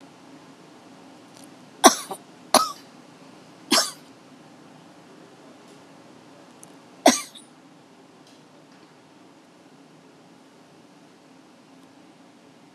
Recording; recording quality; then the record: deep breathing; poor, much background noise or distortion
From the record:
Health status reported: COVID-19 positive, mild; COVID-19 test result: positive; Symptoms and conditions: cough, cold, fever, muscle pain, hypertension, diabetes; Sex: female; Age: 49 years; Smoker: not ticked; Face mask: not worn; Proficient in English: yes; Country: India